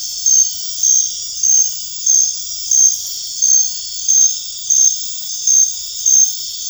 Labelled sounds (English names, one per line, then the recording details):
none
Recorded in dense forest near Puerto Asís, Putumayo, Colombia, on 8 March 2025 at 22:30
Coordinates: 0.484, -76.317
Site G064